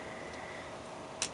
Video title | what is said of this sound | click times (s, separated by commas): Transformers Animated Deluxe Class Swindle Review | all the way up until they click okay | 1.2 s